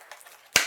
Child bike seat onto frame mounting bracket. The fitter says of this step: slide it into place until we hear a click